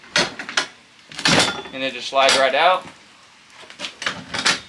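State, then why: Seated. Someone talks while the collapsible steel stand of a 10" Delta portable contractor table saw is slid back out to working height, with several knocks and clatters from the stand along the way. The stand latches with a loud clack at 4.5 s and is locked back in its working position.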